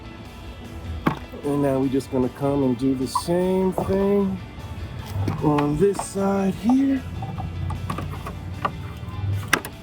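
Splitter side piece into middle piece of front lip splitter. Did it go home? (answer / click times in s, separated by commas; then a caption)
yes / 9.5 s. Someone talks over background music while the other side piece of an ABS plastic SRT-style front bumper lip splitter for a 2015-2023 Charger is pushed onto the middle piece with several snapping clips. A few light taps come near the end, followed by a sharp snap at 9.5 s as the side piece seats in place.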